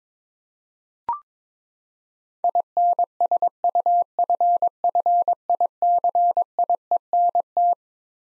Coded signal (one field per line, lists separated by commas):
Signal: Morse code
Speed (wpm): 22 wpm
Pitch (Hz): 700 Hz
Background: none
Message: INSUFFICIENT